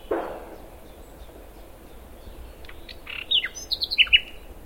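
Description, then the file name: Common nightingale song: a dull thump at the start, a quiet pause, then scattered notes building into a short run of rapid, loud notes near the end. "Luscinia megarhynchos"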